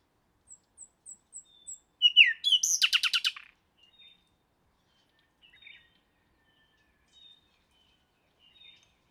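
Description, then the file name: Common nightingale song: a series of soft high whistled notes, then a loud rich phrase ending in a fast rattling trill, followed by faint scattered notes. "Luscinia megarhynchos"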